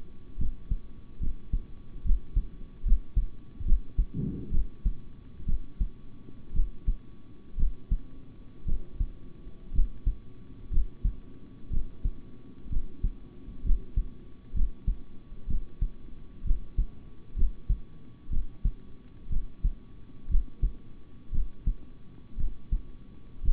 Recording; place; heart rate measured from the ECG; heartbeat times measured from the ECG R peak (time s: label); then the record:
heart sounds by stethoscope; between the tricuspid and mitral areas; 62 bpm
0.38 s: heartbeat
1.20 s: heartbeat
2.03 s: heartbeat
2.84 s: heartbeat
3.65 s: heartbeat
4.51 s: heartbeat
5.46 s: heartbeat
6.53 s: heartbeat
7.56 s: heartbeat
8.65 s: heartbeat
9.72 s: heartbeat
10.70 s: heartbeat
11.70 s: heartbeat
12.69 s: heartbeat
13.63 s: heartbeat
14.53 s: heartbeat
15.47 s: heartbeat
16.44 s: heartbeat
17.35 s: heartbeat
18.29 s: heartbeat
19.29 s: heartbeat
20.28 s: heartbeat
21.31 s: heartbeat
22.37 s: heartbeat
23.42 s: heartbeat
From the record:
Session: rest, sitting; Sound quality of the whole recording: good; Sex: male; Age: 26 years